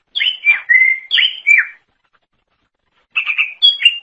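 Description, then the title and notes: Leafbird song in two bursts of slurred, whistled notes sweeping down around the upper-middle range, separated by a silent gap of over a second. Cucak ijo song. "Suara Kicauan Burung Cucak Ijo"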